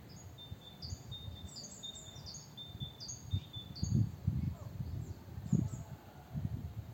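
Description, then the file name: Great tit calls, a run of high thin notes and quick downslurred chirps in the first half, then fainter, with steady low rumbling noise underneath. "Parus major"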